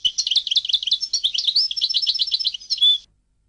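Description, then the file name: European goldfinch singing a fast, liquid twitter of many varied notes for about three seconds, ending with a clear drawn-out note. "audio burung goldfinch"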